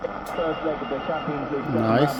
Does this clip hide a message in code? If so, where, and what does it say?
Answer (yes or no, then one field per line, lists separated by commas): no